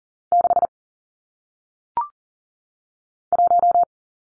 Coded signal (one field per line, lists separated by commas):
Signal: Morse code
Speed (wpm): 39 wpm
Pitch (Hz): 700 Hz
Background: none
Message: 6 1